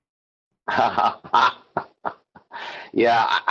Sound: laughs